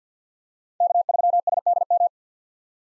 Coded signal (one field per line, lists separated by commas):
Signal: Morse code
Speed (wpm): 50 wpm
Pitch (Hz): 700 Hz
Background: none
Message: K3SDM